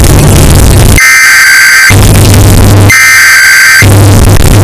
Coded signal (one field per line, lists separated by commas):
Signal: Emergency Alert System (SAME) tones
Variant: header bursts